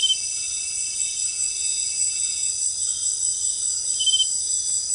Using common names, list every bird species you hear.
none